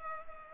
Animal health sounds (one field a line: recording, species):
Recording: mosquito wingbeat signal from an infrared sensor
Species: Culex pipiens